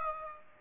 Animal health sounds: mosquito wingbeat signal from an infrared sensor; Aedes aegypti

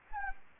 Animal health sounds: mosquito wingbeat signal from an infrared sensor; Anopheles gambiae

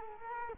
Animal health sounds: mosquito wingbeat signal from an infrared sensor; Culex quinquefasciatus

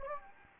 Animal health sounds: mosquito wingbeat signal from an infrared sensor; Anopheles gambiae

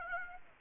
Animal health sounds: mosquito wingbeat signal from an infrared sensor; Aedes aegypti

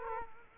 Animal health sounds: mosquito wingbeat signal from an infrared sensor; Culex quinquefasciatus

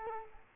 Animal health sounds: mosquito wingbeat signal from an infrared sensor; Culex quinquefasciatus

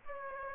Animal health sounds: mosquito wingbeat signal from an infrared sensor; Aedes aegypti

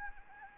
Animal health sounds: mosquito wingbeat signal from an infrared sensor; Anopheles gambiae

